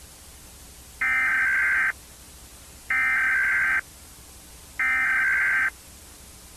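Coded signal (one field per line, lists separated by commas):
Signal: Emergency Alert System (SAME) tones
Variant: header bursts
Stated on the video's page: Fictional EAS scenario, Mickey-themed.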